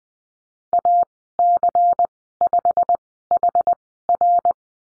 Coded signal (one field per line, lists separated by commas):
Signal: Morse code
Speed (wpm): 20 wpm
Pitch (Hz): 700 Hz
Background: none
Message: AC5HR